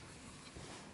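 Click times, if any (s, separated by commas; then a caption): none. A Zoom 80 total station module is handled as its four release buttons are pressed and it is pushed toward its mounting base. Only low, steady handling noise is heard, rising slightly around 0.6 s, with no sharp transients. Nothing has seated or clicked yet.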